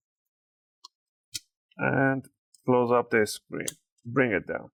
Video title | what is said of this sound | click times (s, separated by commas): How to Repaste and Clean Your ASUS ROG GL551 GL551JM-DH71 Laptop - Maintenance Guide | and you want to push the corner you want to hear those click sounds those are the ones that you want to hear | 0.9 s, 1.4 s